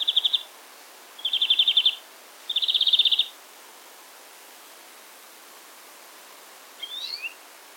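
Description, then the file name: European greenfinch giving three quick buzzy trills in succession, then a pause and a faint twittering fragment. "Chloris chloris"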